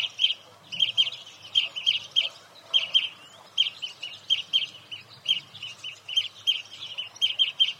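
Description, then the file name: European greenfinch twittering calls, many quick chirp clusters repeated in a steady series, over a soft low background rumble. "Chloris chloris"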